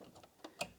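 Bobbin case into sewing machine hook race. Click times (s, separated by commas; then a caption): 0.6 s. A Viking Onyx 15 sewing machine bobbin case is slid under the feed dogs, pushed over and wiggled into the hook race, with its little knob placed next to the stopper. Short ratchet-like ticks sound at about 0.2 and 0.5 seconds before a sharper click at 0.6 seconds as the bobbin case pops into place and seats.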